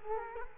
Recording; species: mosquito wingbeat signal from an infrared sensor; Culex quinquefasciatus